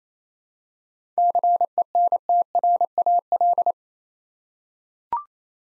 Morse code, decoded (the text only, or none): CENTRAL